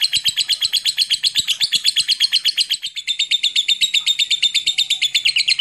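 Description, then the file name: Lovebird trilling nonstop, a dense stream of sharp, high chattering notes in rapid succession, with light clicks below. Long ngekek trill. "suara burung lovebird ngekek panjang"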